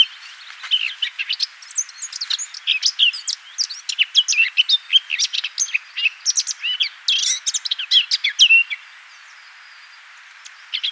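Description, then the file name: Eurasian blackcap song, a long fast rambling warble of mixed twitters and whistles, then near silence before a brief resumption. "Sylvia atricapilla"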